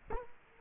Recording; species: mosquito wingbeat signal from an infrared sensor; Culex quinquefasciatus